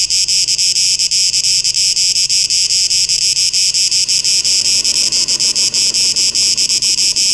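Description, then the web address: Cicadas give a loud, steady high-pitched buzz, pulsing with rapid flutters several times a second throughout, with no other clear sounds. Recorded 12 August 2023. "rauschpartikel 2023-08-12 Zikaden"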